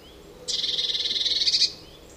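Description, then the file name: Eurasian blue tit churring: one harsh, buzzy rattle of fast pulses over about a second, swelling slightly toward the end, with faint background hiss. "Cyanistes caeruleus"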